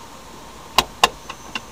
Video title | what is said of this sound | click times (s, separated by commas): Honda Accord Map Lights - Dome Lights - problem - repair - fix | Boom, boom, two clicks. | 0.8 s, 1.0 s